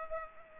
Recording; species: mosquito wingbeat signal from an infrared sensor; Culex pipiens